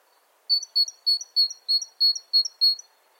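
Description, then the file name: Great tit repeating a bright, sharp two-note phrase about eight times in a steady run, each phrase roughly three per second, over a quiet background. "Parus major"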